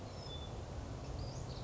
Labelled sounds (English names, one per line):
Western Flycatcher